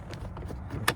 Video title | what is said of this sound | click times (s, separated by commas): 2021 Nissan Rogue Cabin Air Filter Replacement | And just push this back on here until it clicks. | 0.9 s